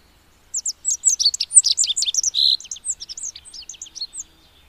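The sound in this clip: Rock bunting song: a quick, high, thin phrase of short sharp notes and brief buzzy slurs, lasting about three and a half seconds.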